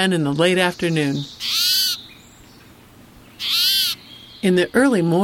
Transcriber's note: medley of songbirds